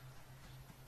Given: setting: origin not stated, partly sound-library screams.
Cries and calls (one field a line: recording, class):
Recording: one-second piece from a danger detection set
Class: normal situation